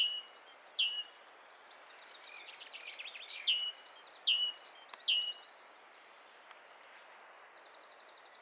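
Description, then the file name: Great tit calls: bright high chirps with downward-sweeping notes and short flat whistles, in bursts separated by brief lulls. "Parus major"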